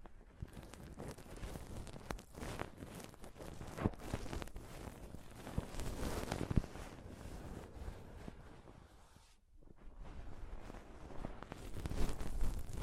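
Scratching and rubbing on a microphone fill the clip with dense, rough, crackly noise that shifts constantly, with sharper knocks near two, four, six and a half and twelve seconds. Around nine and a half seconds the sound drops almost to silence, then the scraping returns and builds louder toward the end.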